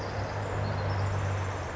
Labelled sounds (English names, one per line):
Pacific Wren